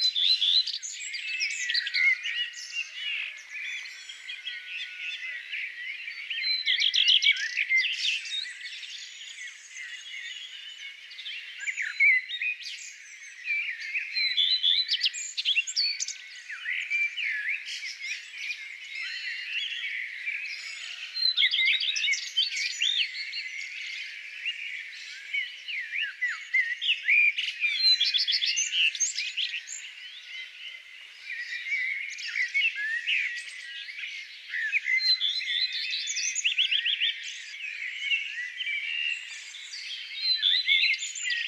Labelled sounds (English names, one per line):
Common Redstart song